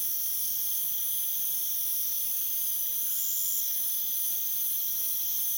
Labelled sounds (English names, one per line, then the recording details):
none
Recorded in pastures near Puerto Asís, Putumayo, Colombia, on 27 June 2025 at 00:30
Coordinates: 0.486, -76.323
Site H29